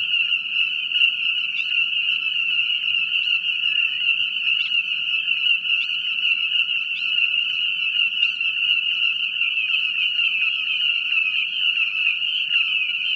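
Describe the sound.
Frog calling in a steady, high-pitched trilling drone that never pauses, with faint brief clicks and a soft low rumble beneath.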